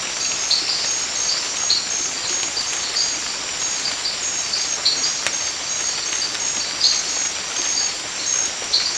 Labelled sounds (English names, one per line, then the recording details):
none
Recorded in dense forest near Puerto Asís, Putumayo, Colombia, on 19 March 2025 at 22:30
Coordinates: 0.500, -76.322
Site GP06